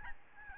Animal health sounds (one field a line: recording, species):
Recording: mosquito wingbeat signal from an infrared sensor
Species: Aedes albopictus